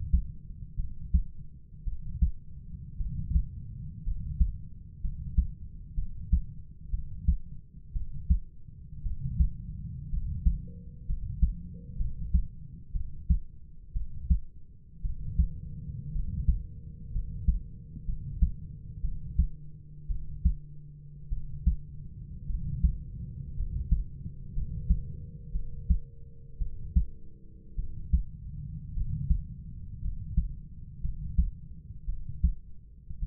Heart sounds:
heart sounds by stethoscope; 57 bpm
0.76 s: heartbeat
1.84 s: heartbeat
2.97 s: heartbeat
4.04 s: heartbeat
5.01 s: heartbeat
5.95 s: heartbeat
6.90 s: heartbeat
7.93 s: heartbeat
9.03 s: heartbeat
10.10 s: heartbeat
11.06 s: heartbeat
11.97 s: heartbeat
12.92 s: heartbeat
13.93 s: heartbeat
15.02 s: heartbeat
16.12 s: heartbeat
17.12 s: heartbeat
18.05 s: heartbeat
19.01 s: heartbeat
20.08 s: heartbeat
21.29 s: heartbeat
22.47 s: heartbeat
23.56 s: heartbeat
24.54 s: heartbeat
25.52 s: heartbeat
26.58 s: heartbeat
27.76 s: heartbeat
28.94 s: heartbeat
30.01 s: heartbeat
31.01 s: heartbeat
32.06 s: heartbeat
33.20 s: heartbeat
From the record:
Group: healthy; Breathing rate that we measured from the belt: 9 breaths a minute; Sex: male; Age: 25 years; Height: 170 cm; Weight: 70.4 kg

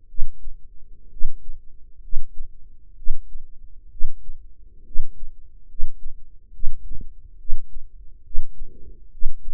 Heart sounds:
heart sounds by microphone in the right ear; 66 bpm
0.05 s: heartbeat
1.07 s: heartbeat
1.99 s: heartbeat
2.93 s: heartbeat
3.87 s: heartbeat
4.82 s: heartbeat
5.65 s: heartbeat
6.50 s: heartbeat
7.36 s: heartbeat
8.21 s: heartbeat
9.08 s: heartbeat
From the record:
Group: healthy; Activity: rest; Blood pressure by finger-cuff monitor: 117/75 mmHg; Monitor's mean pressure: 92 mmHg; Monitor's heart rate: 71 bpm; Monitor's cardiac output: 6.4 L/min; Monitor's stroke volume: 98 mL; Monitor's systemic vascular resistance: 1050 dyn s/cm5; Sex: female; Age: 23 years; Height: 160 cm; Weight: 50.4 kg

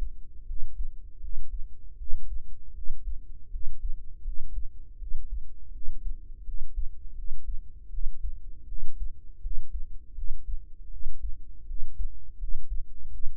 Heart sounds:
heart sounds by microphone in the right ear; 81 bpm
0.45 s: heartbeat
1.19 s: heartbeat
1.96 s: heartbeat
2.72 s: heartbeat
3.49 s: heartbeat
4.23 s: heartbeat
4.97 s: heartbeat
5.71 s: heartbeat
6.43 s: heartbeat
7.14 s: heartbeat
7.89 s: heartbeat
8.66 s: heartbeat
9.40 s: heartbeat
10.13 s: heartbeat
10.89 s: heartbeat
11.65 s: heartbeat
12.37 s: heartbeat
13.09 s: heartbeat
From the record:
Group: healthy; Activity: cold pressor test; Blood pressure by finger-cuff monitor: 94/63 mmHg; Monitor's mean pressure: 75 mmHg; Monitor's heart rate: 80 bpm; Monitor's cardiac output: 6.7 L/min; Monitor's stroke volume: 84 mL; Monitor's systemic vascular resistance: 810 dyn s/cm5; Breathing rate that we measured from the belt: 21 breaths a minute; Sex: female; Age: 19 years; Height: 163 cm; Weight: 48.9 kg

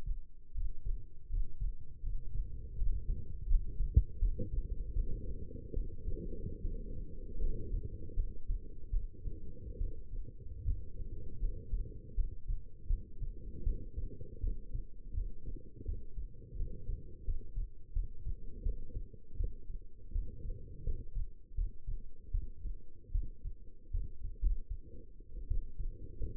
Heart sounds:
heart sounds by stethoscope; 79 bpm
0.53 s: heartbeat
1.28 s: heartbeat
2.01 s: heartbeat
2.75 s: heartbeat
3.46 s: heartbeat
4.18 s: heartbeat
4.93 s: heartbeat
5.73 s: heartbeat
6.61 s: heartbeat
7.38 s: heartbeat
8.14 s: heartbeat
8.90 s: heartbeat
9.78 s: heartbeat
10.65 s: heartbeat
11.39 s: heartbeat
12.14 s: heartbeat
12.87 s: heartbeat
13.63 s: heartbeat
14.40 s: heartbeat
15.14 s: heartbeat
15.85 s: heartbeat
16.56 s: heartbeat
17.24 s: heartbeat
17.93 s: heartbeat
18.63 s: heartbeat
19.37 s: heartbeat
20.12 s: heartbeat
20.83 s: heartbeat
21.55 s: heartbeat
22.31 s: heartbeat
23.12 s: heartbeat
23.91 s: heartbeat
24.41 s: heartbeat
25.48 s: heartbeat
26.19 s: heartbeat
From the record:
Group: healthy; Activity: breath hold 0-3 s, rest 3-26 s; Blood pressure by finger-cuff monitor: 116/71 mmHg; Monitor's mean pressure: 85 mmHg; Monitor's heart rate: 79 bpm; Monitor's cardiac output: 6.5 L/min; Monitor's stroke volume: 83 mL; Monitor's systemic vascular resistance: 870 dyn s/cm5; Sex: female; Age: 22 years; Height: 171 cm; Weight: 65.6 kg

